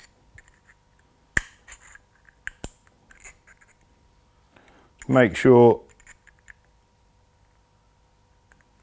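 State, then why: Seated. An internal circlip is fitted with circlip pliers into the steel groove above the bearing in a bicycle freehub body. It snaps into place with a sharp metallic click at 1.4 s, followed by smaller clicks and light scraping. Someone talks around 5.1–5.8 s, and the circlip sits seated in the groove.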